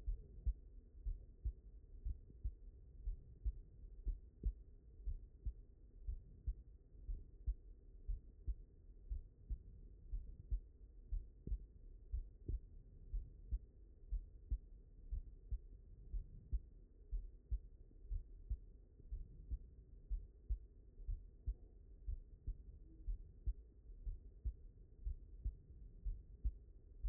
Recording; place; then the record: heart sounds by stethoscope; mitral valve (MV)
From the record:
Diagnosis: non-HFrEF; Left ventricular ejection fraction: 68%